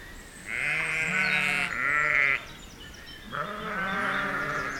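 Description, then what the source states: Sheep bleats: two drawn-out calls run back to back, and a third follows after a brief gap. Sheep outdoors at feeding time.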